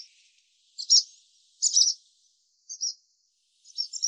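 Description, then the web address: Barn swallow calls, several short high chirpy bursts spaced roughly a second apart, each slightly twittering, against a quiet background. "cianscape birddata Deverinetal 2025"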